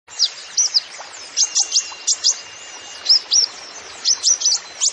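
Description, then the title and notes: Van Hasselt's sunbird singing thin, high tweets and brief slurred whistles, grouped in quick clusters with short pauses between, over a light background hiss. Bird in full song with fill-in phrases (isian) and bursts (tembakan); used to lure and train songbirds. "MASTERAN KOLIBRI NINJA FULL ISIAN DAN TEMBAKAN PANCINGAN. Suara Burung Kolibri Ninja Gacor"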